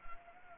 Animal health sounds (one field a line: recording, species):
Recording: mosquito wingbeat signal from an infrared sensor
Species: Anopheles gambiae